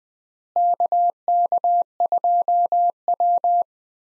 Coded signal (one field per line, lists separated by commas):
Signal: Morse code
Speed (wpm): 20 wpm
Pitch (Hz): 700 Hz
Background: none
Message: KK2W